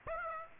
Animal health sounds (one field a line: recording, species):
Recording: mosquito wingbeat signal from an infrared sensor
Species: Aedes aegypti